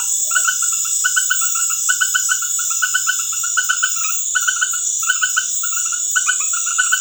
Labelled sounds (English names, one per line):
none